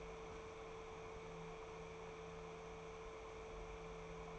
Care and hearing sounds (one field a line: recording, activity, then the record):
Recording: daily activity, microphone in the room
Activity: open fridge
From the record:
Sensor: 1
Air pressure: 1015.0 hPa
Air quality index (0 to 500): 193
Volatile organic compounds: 21 ppm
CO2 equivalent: 2737 ppm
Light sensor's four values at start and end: 10/23/9/10 and 9/23/9/10